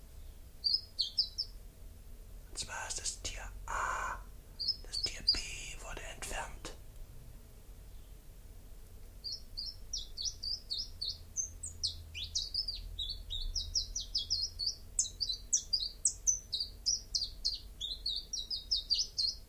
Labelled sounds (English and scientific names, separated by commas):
Common Chiffchaff (Phylloscopus collybita) song